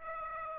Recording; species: mosquito wingbeat signal from an infrared sensor; Aedes aegypti